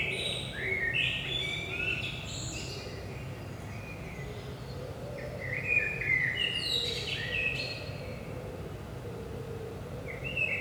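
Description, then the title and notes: Common blackbird singing several mellow warbled phrases, each finished with thin high squeaks, over a continuous low hum. Recorded at 5 am, early morning, in Saint-Gilles, Belgium, with a DPA 4060 pair in AB position into a Zoom F3. "Saint-Gilles, Belgique - 5am Blackbird. Blackbird in the morning. Merle au petit matin"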